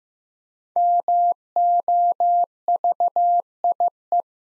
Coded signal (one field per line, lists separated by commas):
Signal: Morse code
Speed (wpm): 15 wpm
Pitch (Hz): 700 Hz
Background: none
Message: MOVIE